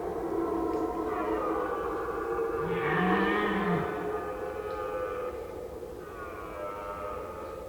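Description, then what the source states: Red deer giving a hoarse, rising-and-falling groan over a steady noisy background, with fainter drawn-out moans before and after. Red deer stag calling during the rut.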